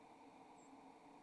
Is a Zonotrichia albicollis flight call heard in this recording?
no